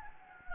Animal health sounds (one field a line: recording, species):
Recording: mosquito wingbeat signal from an infrared sensor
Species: Anopheles gambiae